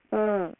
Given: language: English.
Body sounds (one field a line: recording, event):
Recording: throat vibration sensor signal played as sound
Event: speech